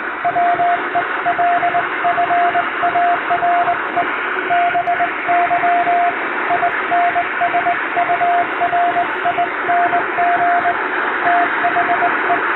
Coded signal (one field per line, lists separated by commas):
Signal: Morse code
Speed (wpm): 21 wpm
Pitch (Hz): 700 Hz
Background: radio noise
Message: WELFARE BY INSURING THE